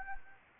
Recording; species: mosquito wingbeat signal from an infrared sensor; Anopheles arabiensis